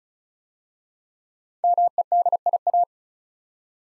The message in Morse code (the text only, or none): MEDIA